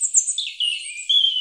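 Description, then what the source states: Bird song, a short run of thin, high chirps and a brief sweeping whistle, with no low sounds heard. Recorded at Oxford Island, Lough Neagh.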